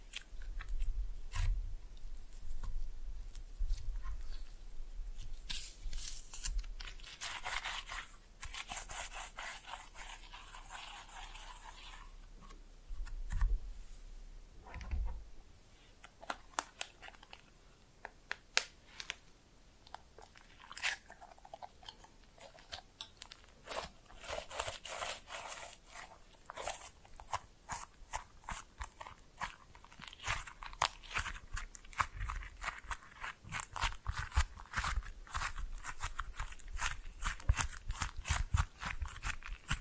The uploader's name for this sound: Slime No Talking (Pressing and Mixing)